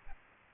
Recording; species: mosquito wingbeat signal from an infrared sensor; Aedes aegypti